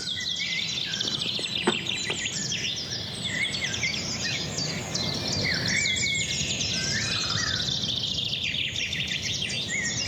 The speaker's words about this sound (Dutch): Maar aan de vogelzang is volop te horen dat het licht aan het worden is.